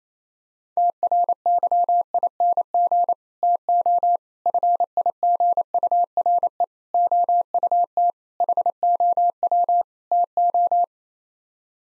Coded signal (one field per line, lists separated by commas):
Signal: Morse code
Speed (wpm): 27 wpm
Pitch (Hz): 700 Hz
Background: none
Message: TRYING TO FIGURE OUT HOW TO